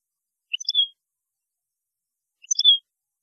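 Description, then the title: European goldfinch: two identical short phrases about two seconds apart, each a few quick chips followed by a drawn-out note. "Chant Chardonneret"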